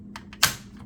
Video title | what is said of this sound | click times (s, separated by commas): 6.0 Powerstroke Vacuum Problems Part 2 | now I'm just going to go for it pops | 0.4 s